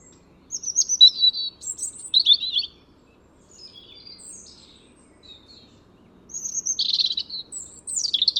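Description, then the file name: European robin singing high, varied phrases of twittering and sliding notes, a quieter stretch of soft notes in the middle, then a louder burst. "Erithacus rubecula"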